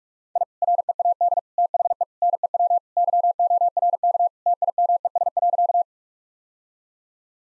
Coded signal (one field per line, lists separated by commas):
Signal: Morse code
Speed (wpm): 46 wpm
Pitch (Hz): 700 Hz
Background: none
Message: I READ THE NEW YORK TIMES.